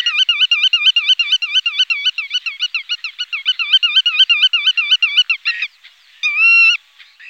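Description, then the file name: Black-tailed godwit giving a fast, rolling series of nasal wavering notes for about five and a half seconds, then pausing before a single drawn, level cry. "aguja colinegra"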